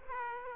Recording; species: mosquito wingbeat signal from an infrared sensor; Aedes aegypti